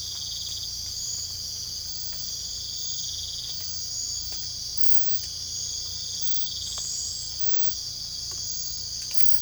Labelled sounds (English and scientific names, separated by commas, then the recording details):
none
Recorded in secondary vegetation near Puerto Asís, Putumayo, Colombia, on 18 December 2024 at 04:30
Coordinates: 0.499, -76.323
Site G010